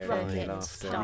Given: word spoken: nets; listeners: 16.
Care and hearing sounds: one English word in noise, from a listening test; four-talker babble; -2.7 dB; 0 of 16; 6 of 16; 0.64 s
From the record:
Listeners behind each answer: 6, 1, 1, 1, 1, 1, 1, 1, 1, 1, 1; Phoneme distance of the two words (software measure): 38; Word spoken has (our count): 1 syllable, 4 phonemes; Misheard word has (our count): 1 syllable, 4 phonemes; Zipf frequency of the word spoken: 3.71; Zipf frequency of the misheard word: 5.89

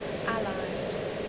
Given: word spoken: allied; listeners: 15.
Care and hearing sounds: one English word in noise, from a listening test; speech-shaped noise; -4.1 dB; 3 of 15; 11 of 15; 0.88 s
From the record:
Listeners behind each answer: 11, 3, 1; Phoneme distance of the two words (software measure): 7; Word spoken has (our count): 2 syllables, 4 phonemes, stress on syllable 2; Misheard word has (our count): 2 syllables, 3 phonemes, stress on syllable 2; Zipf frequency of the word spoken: 3.69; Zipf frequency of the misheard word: 3.76

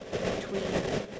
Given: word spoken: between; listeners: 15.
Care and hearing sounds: one English word in noise, from a listening test; noise modulated by three-talker babble; -7.8 dB; 3 of 15; 11 of 15; 0.80 s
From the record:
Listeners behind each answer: 11, 3, 1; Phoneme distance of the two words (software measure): 24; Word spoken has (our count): 2 syllables, 6 phonemes, stress on syllable 2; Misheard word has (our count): 1 syllable, 4 phonemes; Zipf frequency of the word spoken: 5.55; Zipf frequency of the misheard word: 3.45

